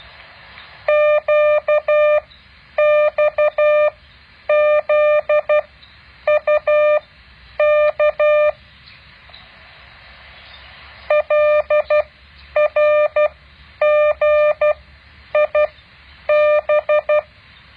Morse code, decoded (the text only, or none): QXZUK LRGIB